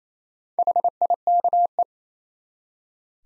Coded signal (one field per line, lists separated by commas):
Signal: Morse code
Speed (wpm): 28 wpm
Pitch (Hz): 700 Hz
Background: none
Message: HIKE